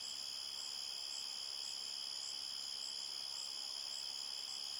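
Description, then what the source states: Crickets trilling continuously, many overlapping high chirps forming an even, unbroken wall of sound. Several crickets at night at a forest edge, chorus described as chirpy and steady.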